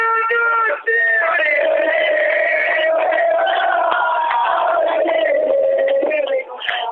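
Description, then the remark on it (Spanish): Rangers de Talca football fans shout a loud, sustained cheer together, celebrating their team's 1-0 win over Universidad de Chile, many voices blending into a steady roar for several seconds with a brief dip near the start and a fade toward the end. “A ver si conversamos con los hinchas de Talca, los muchachos, porque están alegres en el día de hoy por este triunfo por 1-0 al ganarle a la Universidad de Chile.”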